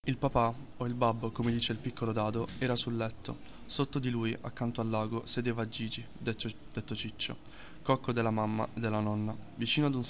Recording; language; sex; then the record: read passage; Italian; male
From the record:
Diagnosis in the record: healthy control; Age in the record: 19 years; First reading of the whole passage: 38 s, 13.5 characters per second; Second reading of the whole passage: 40 s, 12.9 characters per second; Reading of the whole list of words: 43 s, 6.6 characters per second